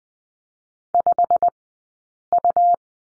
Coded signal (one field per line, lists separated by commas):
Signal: Morse code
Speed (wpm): 20 wpm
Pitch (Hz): 700 Hz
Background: none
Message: 5U